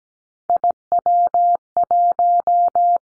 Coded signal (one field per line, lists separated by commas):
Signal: Morse code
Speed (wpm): 17 wpm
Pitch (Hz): 700 Hz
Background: none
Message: IW1